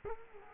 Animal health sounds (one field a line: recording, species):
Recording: mosquito wingbeat signal from an infrared sensor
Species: Culex quinquefasciatus